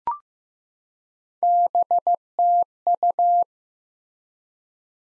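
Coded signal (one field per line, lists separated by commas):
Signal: Morse code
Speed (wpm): 15 wpm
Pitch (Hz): 700 Hz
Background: none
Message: BTU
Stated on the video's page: Morse code QSO elements sent at 15 wpm for head-copy practice, each sent, then spoken, then sent again.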